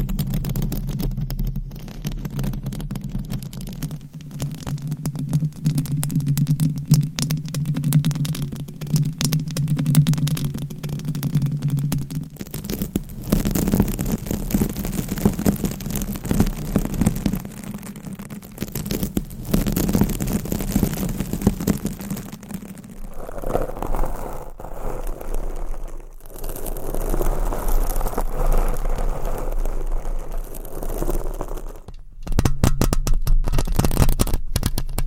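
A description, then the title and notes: Scratching and rubbing on a microphone cover, a dense, rough texture that keeps changing character. A low rumble runs through the first twelve seconds, then the scraping turns brighter and more hollow, with abrupt cuts near 26 and 32 seconds. ASMR with 60 MICS!Different Mic Covers & Nails Mic Scratching , Massage & More No Talking.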